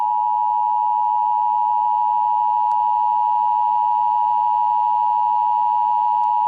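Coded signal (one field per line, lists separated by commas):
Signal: Emergency Alert System (SAME) tones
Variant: 853 and 960 Hz attention tone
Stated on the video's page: Fictional sun-outage scenario SAME alert.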